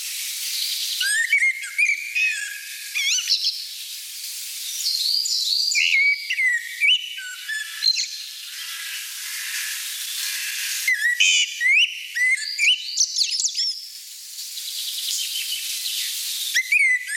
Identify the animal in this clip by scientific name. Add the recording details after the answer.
Turdus merula. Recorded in the wild. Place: St. Peter, Hochschwarzwald / Potsdamer Platz, Baden-Württemberg, DE. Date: 1991-06-09. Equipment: Dat-Recorder Casio DA 7, Telinga M2, stereo, Telinga-Parabolspiegel. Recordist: Schwarz, Dieter